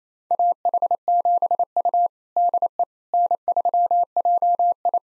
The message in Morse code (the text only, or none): AH7U DE N3JI